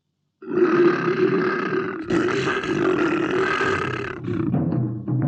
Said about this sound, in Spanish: Este es un león. Escuchadlo rugir.